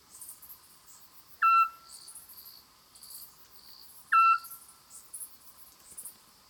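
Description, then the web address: Eurasian scops owl: two short, clear whistled notes almost three seconds apart, over steady insect trilling and high buzzing. Female bird, song or call. "rapaci notturni canto verso femmina assiolo otus scops owl petit duc-scops autillo europeo zwergohreule"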